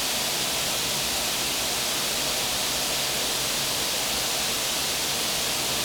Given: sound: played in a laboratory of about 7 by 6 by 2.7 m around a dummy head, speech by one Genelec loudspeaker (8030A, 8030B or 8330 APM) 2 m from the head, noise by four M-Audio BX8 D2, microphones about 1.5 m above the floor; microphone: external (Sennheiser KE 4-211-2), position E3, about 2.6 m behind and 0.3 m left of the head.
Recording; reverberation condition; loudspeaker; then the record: white noise; high; four, about 170 cm from the corners of the room and facing them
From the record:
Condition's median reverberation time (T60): about 1300 ms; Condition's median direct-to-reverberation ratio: about -4.0 dB